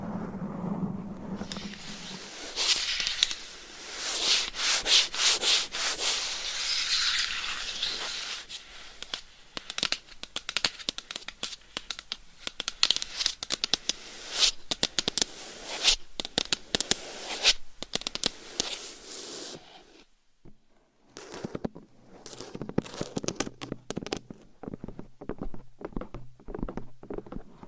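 Scratching and rubbing fill most of the recording: a dense, bright, rough texture broken by quick tapping strokes, heaviest from about two to twenty seconds. A short low hum opens the clip, a brief quiet gap falls near twenty seconds, then lighter scratching resumes.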